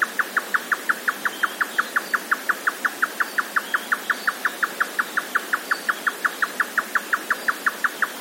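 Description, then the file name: Grey nightjar song of steady, rapid knocks, almost mechanical in rhythm. "yotaka"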